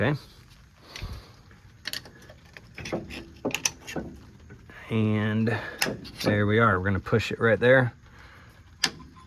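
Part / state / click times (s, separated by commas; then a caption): brake pad retaining clip into caliper piston / seated / 8.8 s. Someone talks while the metal retaining clip of a front brake pad is pushed into the caliper piston on a 1992–1999 GMC/Chevrolet Suburban truck during a front rotor and brake pad replacement, with a few light metallic taps and clicks along the way. One sharp snap at 8.8 s marks the clip seating in place.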